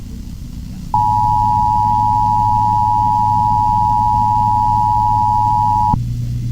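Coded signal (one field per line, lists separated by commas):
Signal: Emergency Alert System (SAME) tones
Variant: 853 and 960 Hz attention tone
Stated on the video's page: 911 Telephone Outage Emergency for Sedgwick, Kansas, caught from a classical/EAS NERP station live stream.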